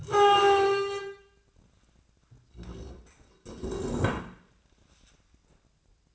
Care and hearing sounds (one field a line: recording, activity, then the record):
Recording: daily activity, microphone in the room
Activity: stand up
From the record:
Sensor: 2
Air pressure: 1012.1 hPa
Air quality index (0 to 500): 164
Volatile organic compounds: 2 ppm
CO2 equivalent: 1197 ppm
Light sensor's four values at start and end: 51/126/55/62 and 68/161/73/90